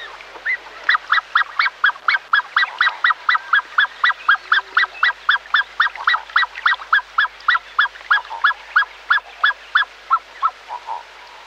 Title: Cisne De Cuello Negro (gritos De Alarma)